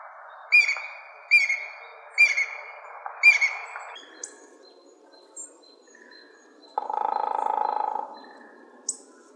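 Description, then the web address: Japanese green woodpecker calling with four clear, ringing whistled notes about a second apart, followed by scattered faint chirps. "birdenaga aogera"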